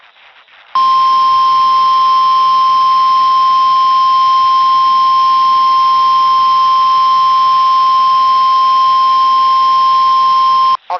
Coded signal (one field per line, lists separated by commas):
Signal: Emergency Alert System (SAME) tones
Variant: 1050 Hz attention tone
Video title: The Final RMT of Weatherradio Canada. [EAS 10-11]